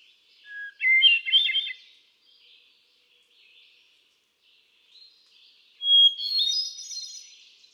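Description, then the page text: Hermit thrush song, twice: a low whistled note breaking into bubbling flutey phrases, then after a pause a higher whistle with shimmering notes. Male singing, cycling through a repertoire of about ten different songs; recorded June 13, 2006, at Quabbin Park, Ware, Massachusetts. "Birdsong for the Curious Naturalist. Hermit thrush. Can you hear how he cycles through his repertoire of about ten different songs? June 13, 2006. Quabbin Park, Ware, Massachusetts"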